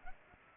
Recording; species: mosquito wingbeat signal from an infrared sensor; Culex pipiens